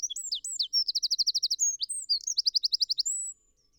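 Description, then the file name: Eurasian wren song: a quick stream of high chirps leading into two fast, even trills separated by sweeping whistled notes, all delivered loudly in about three seconds. "Troglodytes troglodytes"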